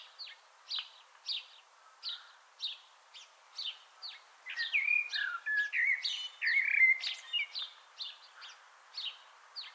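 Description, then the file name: Eurasian blackbird song: thin high notes repeated roughly every half second, broken midway by a louder, lower, fluty warbled phrase. "Turdus merula"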